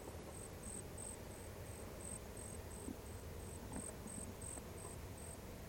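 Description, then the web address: Ground cricket giving a faint, very high chirp, repeated about three times a second in a steady series over a broad low rumble of background noise. "nemobiinae"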